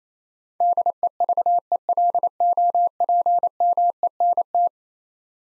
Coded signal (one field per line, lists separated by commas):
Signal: Morse code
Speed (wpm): 27 wpm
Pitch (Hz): 700 Hz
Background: none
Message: DEVELOPMENT